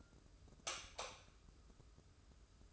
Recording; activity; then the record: daily activity, microphone in the room; light off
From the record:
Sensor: 2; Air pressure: 995.2 hPa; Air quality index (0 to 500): 73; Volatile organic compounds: 2 ppm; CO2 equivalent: 1278 ppm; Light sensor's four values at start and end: 13/36/14/14 and 8/19/8/8